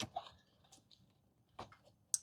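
An aftermarket plastic harness connector from a new Tesla physical button dock is plugged in line into the car's existing wiring harness plug. A few soft handling ticks and rustles come first, then a sharp, bright click at 2.1 s as the connector seats.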